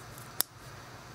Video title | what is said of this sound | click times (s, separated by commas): Rolex GlideLock Clasp Demonstration | and you'll hear it snap out like that and then you can glide see that that's in the full position right there | 0.4 s